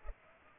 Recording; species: mosquito wingbeat signal from an infrared sensor; Culex pipiens